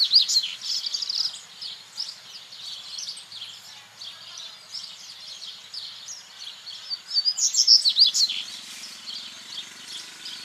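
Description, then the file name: Seedeater, a sharp quick run of high slurred chirps late in the recording, with a continuous lively chorus of other small birds throughout. Recorded at El Aromito, Federación, on 8 January 2013 at 19:41. "Corbatita-El-Aromito-Federacion-08012013-1941 hs-Eco Registros"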